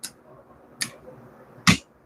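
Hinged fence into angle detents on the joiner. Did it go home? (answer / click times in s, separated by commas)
yes / 0.1 s, 0.8 s, 1.7 s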